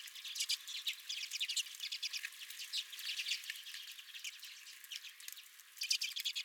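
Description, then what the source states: Redpolls calling, a flock's quick high chattering chips and twitters running on without pause through the whole stretch. Redpolls at the recordist's own feeder.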